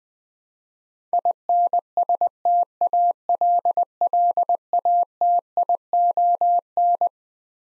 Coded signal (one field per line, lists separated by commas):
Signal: Morse code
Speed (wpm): 20 wpm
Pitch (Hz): 700 Hz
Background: none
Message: INSTALLATION